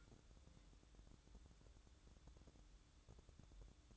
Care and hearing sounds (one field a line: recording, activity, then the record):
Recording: daily activity, microphone in the room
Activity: take from stove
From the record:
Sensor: 3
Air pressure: 1008.1 hPa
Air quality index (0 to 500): 130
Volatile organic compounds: 2 ppm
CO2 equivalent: 1081 ppm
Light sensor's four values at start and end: 8/20/8/7 and 8/20/8/7